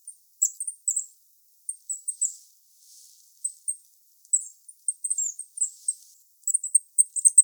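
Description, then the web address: Goldcrest giving very high, thin sibilant call notes in short groups, spaced by brief pauses. "regulus regulus call"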